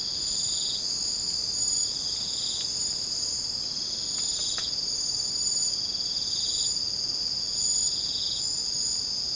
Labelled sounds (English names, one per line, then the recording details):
none
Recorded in secondary vegetation near Puerto Asís, Putumayo, Colombia, on 21 December 2024 at 03:00
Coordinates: 0.499, -76.323
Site G010